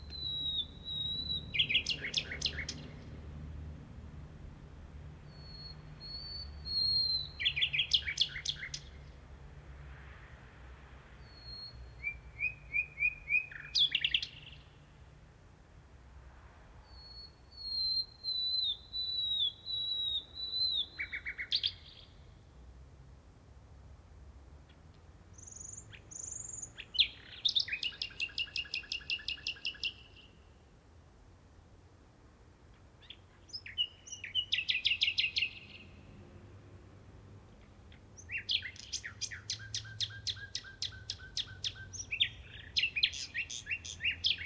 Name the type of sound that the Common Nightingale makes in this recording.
song